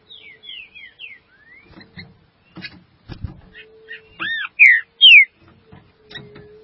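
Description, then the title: Green-winged saltator song: soft slurred whistles early on, then two loud down-slurred whistled notes near the end, with clicks and thumps between. "Trinca Ferro"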